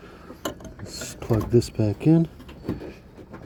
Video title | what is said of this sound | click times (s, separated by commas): 2013 nissan nv3500 head light bulb replacement | until it clicks in place | 0.5 s